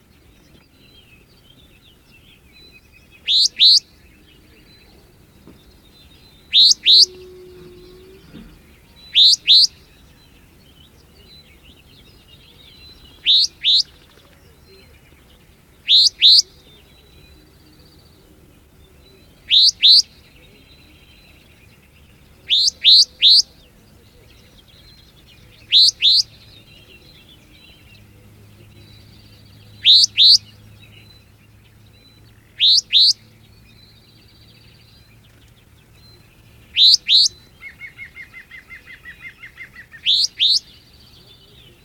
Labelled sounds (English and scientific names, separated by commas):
Sombre Tit (Poecile lugubris) call